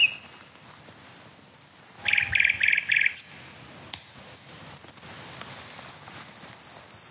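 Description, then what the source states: Common Nightingale song: a fast series of high repeated notes, then a loud buzzy burst of four rapid pulses, falling quiet before soft thin slurred whistles, with light background noise. Male singing; song with beating, fluting, tumbling and sobbing elements; recordist approaching the bird, in fields with trees.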